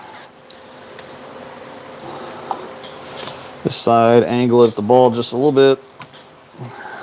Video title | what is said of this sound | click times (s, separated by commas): Why Your Pro Shop Sucks - On Demand Pro Shop Work Demonstrations! | There's the pop. | 6.6 s